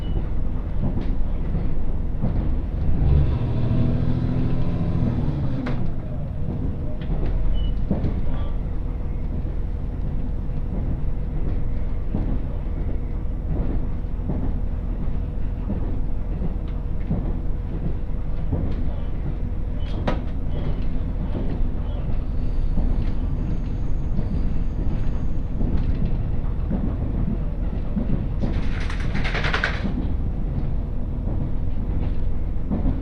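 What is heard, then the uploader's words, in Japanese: A single-car GV-E400 hybrid train runs along the Tsugaru Line, its steady low rumble filling the whole recording with frequent rail clicks. A whining, rising tone swells around the third to sixth second, and a short bright hiss bursts out near thirty seconds. 津軽線 蟹田→津軽二股。列車はGV-E400系の1両で、いわゆるハイブリッド車になります。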